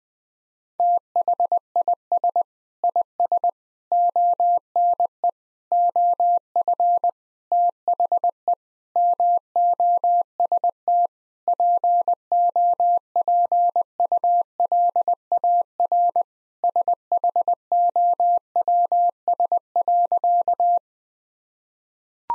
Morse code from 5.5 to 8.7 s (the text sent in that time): OF THE